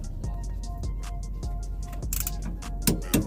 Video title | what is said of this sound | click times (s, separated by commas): The girls can change my Rotors & Brakes now! [4K] | we go hear that click click means I'm done | 2.9 s